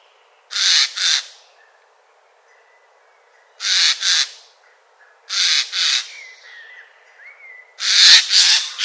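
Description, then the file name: Eurasian jay calling with loud, hoarse doubled screeches in four bursts, plus a faint wavering whistle in the background. "Garrulus glandarius"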